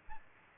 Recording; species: mosquito wingbeat signal from an infrared sensor; Aedes albopictus